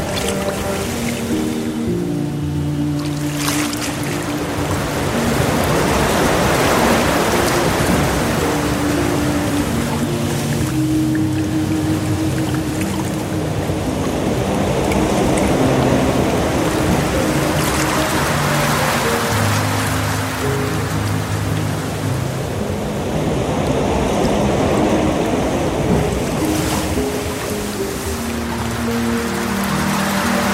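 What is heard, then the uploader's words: Piano music plays steadily with low, sustained chords and shifting notes that change every second or two, over a constant rushing wash of gentle water. The water sound swells softly in slow waves, brightening around 7, 17 and 26 seconds. Offering a specially curated blend of relaxing piano music and gentle water streams. Feel the ebb and flow of the waterfall.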